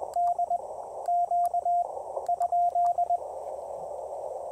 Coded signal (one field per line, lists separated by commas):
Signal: Morse code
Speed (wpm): 20 wpm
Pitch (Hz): 700 Hz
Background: radio noise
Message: DQ ?